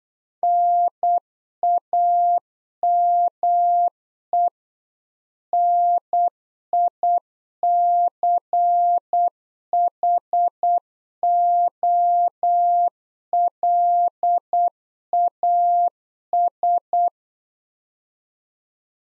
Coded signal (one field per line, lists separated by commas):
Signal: Morse code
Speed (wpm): 8 wpm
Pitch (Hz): 700 Hz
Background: none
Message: NAME NICHOLAS